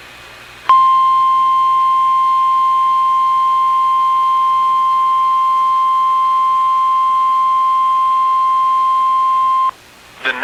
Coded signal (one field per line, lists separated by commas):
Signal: Emergency Alert System (SAME) tones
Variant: 1050 Hz attention tone